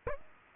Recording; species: mosquito wingbeat signal from an infrared sensor; Aedes aegypti